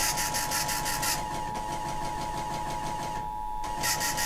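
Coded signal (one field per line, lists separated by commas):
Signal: Emergency Alert System (SAME) tones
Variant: 853 and 960 Hz attention tone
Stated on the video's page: Child abduction emergency alert heard on WJON-IP and WTAM-AM.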